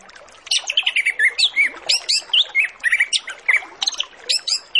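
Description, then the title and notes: Orange-headed Thrush delivering a continuous, varied song of rapid whistled notes, many sliding up and down, each phrase quickly following the last. Full-fill master recording used as a lure to get Orange-headed Thrushes to sing quickly and openly. "Masteran Anis Kembang Full Isian Untuk Suara Pancingan Anis Kembang Agar Cepat Ngeplong. Suara Burung Anis Kembang"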